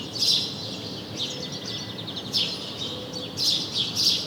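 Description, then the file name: House sparrow giving a few sharp chirps, single notes and a quick double, spaced irregularly over steady low background noise. "Passer domesticus"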